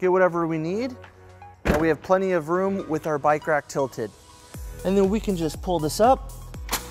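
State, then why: Not seated. A Curt aluminum tray-style bike rack, tilted down on its hitch mount, is handled to be pulled back up toward its tilt latch while someone talks over background music. The rack has not yet locked upright; nothing has seated or clicked yet.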